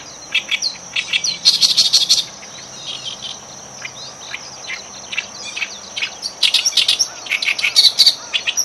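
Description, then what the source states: Oriental reed warbler song: bursts of harsh, chattering, repeated notes in two main phrases, with a steady high insect-like whine throughout. Recorded 12 June 2011.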